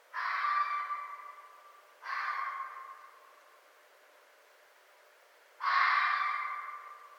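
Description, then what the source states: Red fox giving three loud, hoarse barks, the first two about two seconds apart, then a longer pause before the third. Recorded 4 May 2011.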